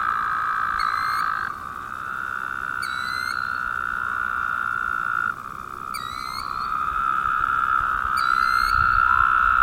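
Woodhouse's toad droning almost continuously, the buzzy tone stepping to new calls, while sharp high chirps repeat several times.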